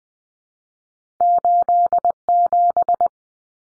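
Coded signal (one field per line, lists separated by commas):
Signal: Morse code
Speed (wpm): 20 wpm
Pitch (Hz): 700 Hz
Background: none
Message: 87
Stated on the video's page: Cut-number practice at 20 wpm, with T, A, N for 0, 1, 9; each two-digit number is sent twice.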